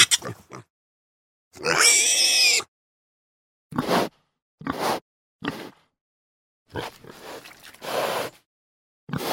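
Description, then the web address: Pig giving short grunts and bursts of noise, plus one long, harmonic squeal lasting about a second, separated by silent gaps. "свинья"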